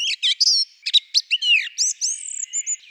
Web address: Turdus philomelos